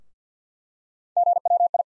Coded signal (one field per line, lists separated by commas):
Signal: Morse code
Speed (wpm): 50 wpm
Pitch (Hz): 700 Hz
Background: none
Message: GWI